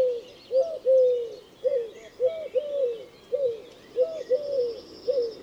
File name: Tourterelle turque Streptopelia decaocto Olivier Swift